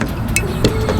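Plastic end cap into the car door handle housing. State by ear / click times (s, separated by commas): not seated / none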